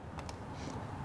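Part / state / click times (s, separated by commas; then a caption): spark plug lead into a scooter ignition coil / not seated / none. A spark plug lead is pushed toward the ignition coil of a Piaggio BV400 scooter during a 12K service. Two short, sharp ticks at about 0.2 and 0.3 seconds stand out over steady low background noise. Nothing has seated or clicked into place yet.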